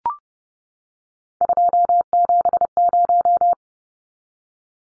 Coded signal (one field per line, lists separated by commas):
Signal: Morse code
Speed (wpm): 30 wpm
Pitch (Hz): 700 Hz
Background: none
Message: 270